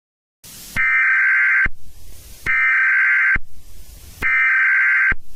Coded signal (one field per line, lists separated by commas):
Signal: Emergency Alert System (SAME) tones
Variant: header bursts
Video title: Eas scenario #5: the Bean Rampage!!